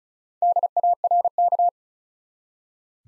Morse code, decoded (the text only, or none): DARK